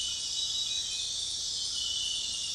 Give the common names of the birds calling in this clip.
none